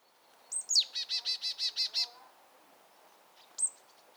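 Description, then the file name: Marsh tit call: sharp high notes, then a rapid series of several nasal, buzzy notes over about a second, with one more high note later. "Poecile palustris"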